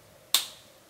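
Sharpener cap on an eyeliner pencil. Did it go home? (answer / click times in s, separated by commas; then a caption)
yes / 0.3 s. Someone twists the plastic cap with a built-in sharpener on a black Smashbox Always Sharp waterproof kohl eyeliner pencil, and it gives a single sharp, bright click at 0.3 s, followed by a much fainter tick near 0.9 s. The cap has clicked into place, which sharpens the pencil.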